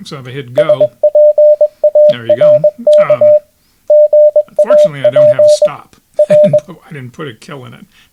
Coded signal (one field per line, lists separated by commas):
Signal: Morse code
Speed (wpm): 21 wpm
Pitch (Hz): 600 Hz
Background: speech, radio noise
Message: SPARK GAP R